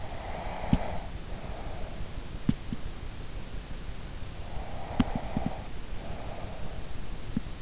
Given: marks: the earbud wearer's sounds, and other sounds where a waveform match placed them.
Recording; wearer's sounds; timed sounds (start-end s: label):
sounds in sleep by an in-ear microphone; breath
0.00-1.81 s: breath
4.61-6.63 s: breath